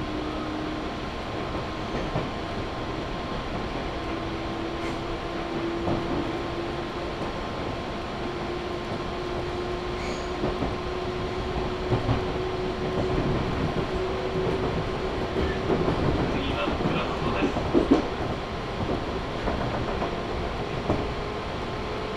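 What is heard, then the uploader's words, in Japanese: A train runs on the Chuo West Line toward Kiso-Fukushima, a steady rumble with a faint hum and clicks and clatter thickening near the end. 中央西線 十二兼→木曽福島。十二兼駅を過ぎると単線区間が出てきます。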